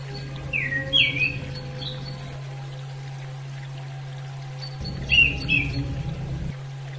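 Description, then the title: Bird song heard as two bursts of quick whistled slurred notes about four seconds apart, with soft high ticks between them, a steady low drone and rushing noise. Bird chirping. "SuaraBurung Kicau"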